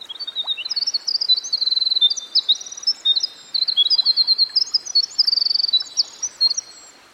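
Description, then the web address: Winter wren delivering long, high, rippling song phrases of quick trills and chips, breaking briefly around three seconds before resuming, over steady soft hiss. Recorded by a stream. "Dan Gibson Songbirds By The Stream. Winter Wren"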